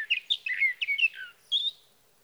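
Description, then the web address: Sage thrasher song, a hurried tumble of slurred whistles and burry notes, pausing briefly before a final higher whistled phrase. "birdsongforthecurious songs Sage Thrasher"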